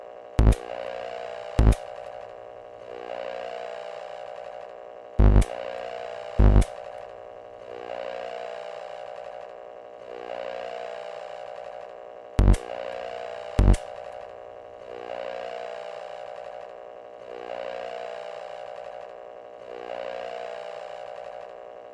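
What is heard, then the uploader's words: An empty cassette player runs with a steady mechanical hum and rhythmic whirring swells, broken by sharp clicks in pairs near 0.5, 5, and 13 seconds. Recorded the sound of a cassette player playing without a tape in it. Snatched portions of the result and programmed them up in Hydrogen. Altering pitches and gain was the only tweaking of the recordings.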